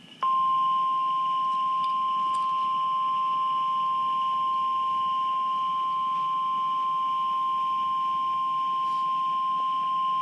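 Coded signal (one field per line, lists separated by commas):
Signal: Emergency Alert System (SAME) tones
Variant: 1050 Hz attention tone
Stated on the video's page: Severe thunderstorm warning from weather radio station WXL39.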